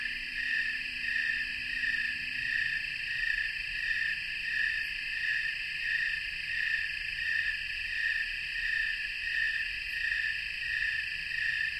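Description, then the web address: Snowy tree cricket chorus, a constant shrill tone pulsing steadily, many crickets calling together. Chorus of snowy tree crickets, North America. "Songs of Insects. Snowy Tree Cricket chorus"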